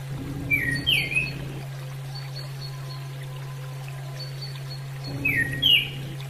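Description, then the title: Bird song: whistled two-part phrases, a dropping note then a rising sweep, repeated after roughly four and a half seconds, with high chirps, a low hum and rushing sounds. "SuaraBurung Kicau"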